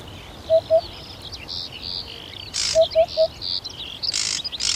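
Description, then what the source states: Eurasian Hoopoe giving low hollow hooting notes, first a pair then a run of three, while other birds chirp and twitter higher up. Courtship hooting call, featured as the nature sound of the week, presented by Juha Laaksonen; Finnish name harjalintu.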